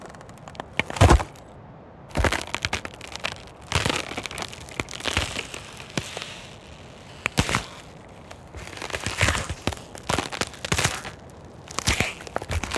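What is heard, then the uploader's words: Ice cracks and crunches in a run of sharp, irregular bursts, some single snaps, others short grinding clusters lasting about a second. The breaks come every one to two seconds across the clip, with a low steady hiss filling the gaps between them. Ice Cracking Sound Effects.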